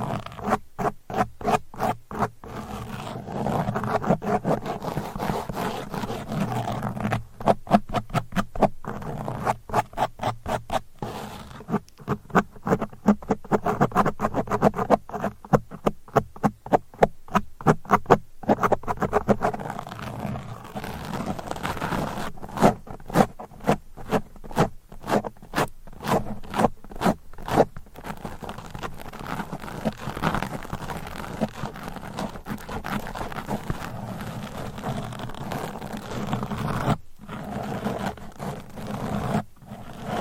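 Nails scratch across a microphone in quick rasping strokes, coming in dense bursts with short pauses, rough and fairly bright throughout.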